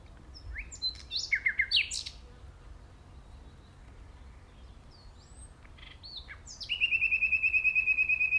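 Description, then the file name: Common nightingale song with quick rising whistles and a fast stuttering phrase, a pause, then a sweep leading into a long, rapid rattling trill of repeated notes. "Luscinia megarhynchos"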